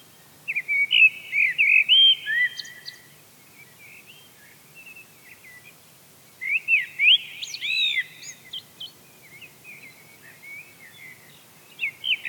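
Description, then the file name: Eurasian blackbird song of mellow, wandering whistles with twittering ends, two main phrases separated by a pause, softer notes trailing after. "Turdus merula"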